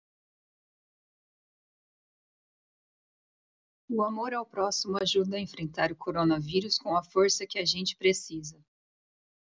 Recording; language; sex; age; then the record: spoken sentence; Brazilian Portuguese; female; 40 to 49 years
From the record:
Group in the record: control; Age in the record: 44 years